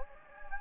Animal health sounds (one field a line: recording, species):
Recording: mosquito wingbeat signal from an infrared sensor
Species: Anopheles gambiae